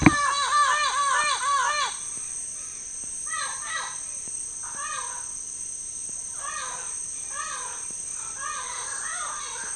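Bird calls: a loud opening run of quick arched notes lasting two seconds, followed by softer clusters of similar notes at irregular intervals, with a continuous high whine.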